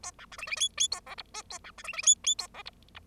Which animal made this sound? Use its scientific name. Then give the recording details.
Lonchura striata domestica. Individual Bird0